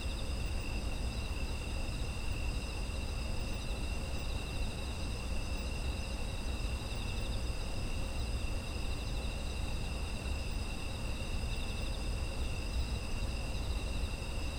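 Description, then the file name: Unbroken chorus of insects, high thin trills at several pitches held evenly for the full length, accompanied by a continuous deep background hum. Autumn insect ambience. "秋の虫の環境音"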